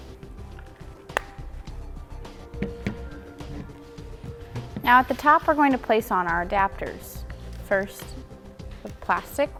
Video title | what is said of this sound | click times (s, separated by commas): etrailer - Yakima Roof Rack Review - 2018 Ram 1500 | we're just going to squeeze it until it clicks into place now | 1.2 s